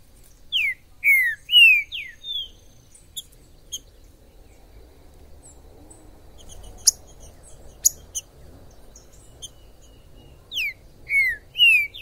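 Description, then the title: Green-winged saltator whistling a phrase of falling slurred notes, a quiet gap with a few sharp clicks, then the phrase again at the end. Wild bird singing in the forest, calling, singing and displaying as a male in a contest, used to stimulate a pet saltator; called Major. "ESQUENTAR Seu TRINCA Piando, Cantando E Macheando Na DISPUTA. TRINCA FERRO no MATO. Trinca ferro MAJOR no MATO"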